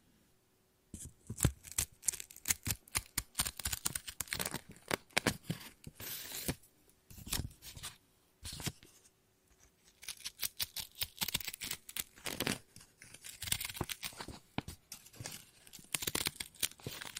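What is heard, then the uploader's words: Scissors snip and cut paper in quick, irregular bursts of sharp crisp clicks, with brief pauses around three, seven, and nine seconds. ASMR Scissors No Talking Snips and Cutting Paper.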